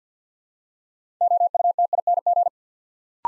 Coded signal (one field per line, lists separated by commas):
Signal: Morse code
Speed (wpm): 49 wpm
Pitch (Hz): 700 Hz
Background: none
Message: OUTING